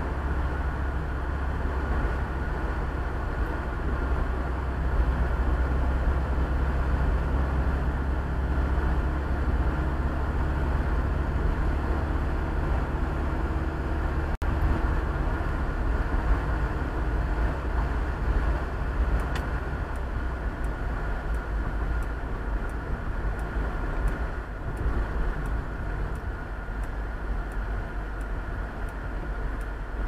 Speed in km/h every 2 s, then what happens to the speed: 53, 52, 51, 51, 53, 54, 54, 56, 56, 54, 52, 50, 45, 38, 31.
0-19 steady at about 53. 19-30 slows to 31.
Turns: none.